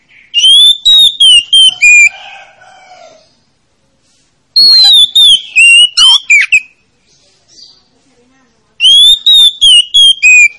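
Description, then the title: Oriental magpie-robin song: loud, clear whistled phrases of rising and falling notes, given in three bursts separated by short pauses, with softer chattering between them. Lure to make a reluctant, rarely singing magpie-robin start singing. "Pancingan Kacer Yg Malas Bunyi"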